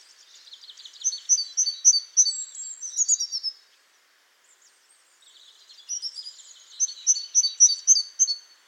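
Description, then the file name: Great tit giving two bouts of high, sharp notes in fast series, separated by a short silent gap. "Parus major"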